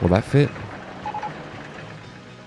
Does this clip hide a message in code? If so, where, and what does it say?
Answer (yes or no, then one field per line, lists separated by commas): no